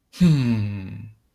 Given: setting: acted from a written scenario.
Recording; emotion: vocal sound without words; pride